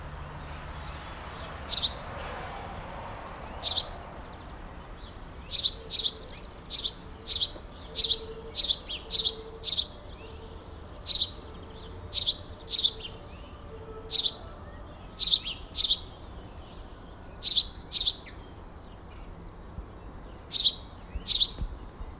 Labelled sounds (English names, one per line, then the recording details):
House Sparrow call
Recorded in the wild
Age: adult
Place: Zepernick, Barnim, Brandenburg, DE
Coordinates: 52.6497, 13.5435
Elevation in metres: 75
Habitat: garden
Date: 2014-04-21 07:45
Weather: sunny, 10°C, weak winds
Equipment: Sound Devices 702, Sennheiser MKH 70, Rycote Windschutz
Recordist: Frommolt, Karl-Heinz